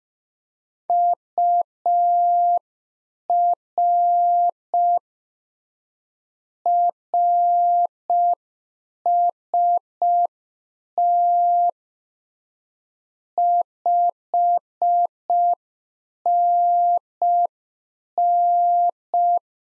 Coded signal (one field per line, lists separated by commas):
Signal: Morse code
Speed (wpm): 5 wpm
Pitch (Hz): 700 Hz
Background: none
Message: UR RST 5NN